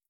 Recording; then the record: hydrophone in a shrimp aquaculture tank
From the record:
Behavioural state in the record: feeding